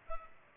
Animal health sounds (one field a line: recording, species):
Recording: mosquito wingbeat signal from an infrared sensor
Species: Culex pipiens